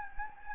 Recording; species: mosquito wingbeat signal from an infrared sensor; Anopheles gambiae